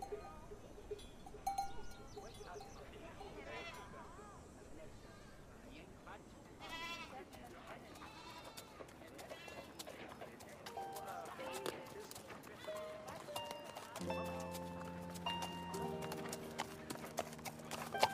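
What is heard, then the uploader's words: Murmured chatter of a quiet medieval town runs throughout, with scattered animal calls and clip-clopping of a horse cart. Around the fourteen-second mark, steady held music tones enter and sustain to the end beneath the voices and clatter. Quiet medieval town | distance music/chatter/horse cart. Animals (sheep/chicken/horse/dog).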